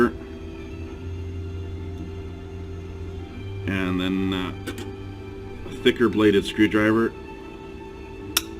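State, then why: Seated. Someone talks while working a nail basket part on a Hitachi NV83A2 pneumatic coil nailer with a thicker-bladed screwdriver, with music playing over a steady low hum. A single sharp click at 8.4 s marks the part seating into place.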